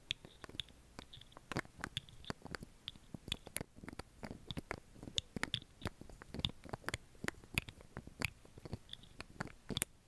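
Rapid, irregular tapping with sharp clicks several times a second, some sharper than others, over faint scratching and a soft low hiss.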